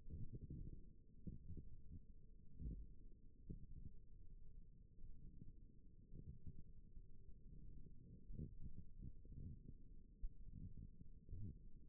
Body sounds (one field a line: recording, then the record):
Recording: forearm muscle sounds (acoustic myography)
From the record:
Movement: wrist flexion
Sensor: system 1, eight BSWA MPA416 microphones around the upper forearm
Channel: 1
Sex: female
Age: 21 years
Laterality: right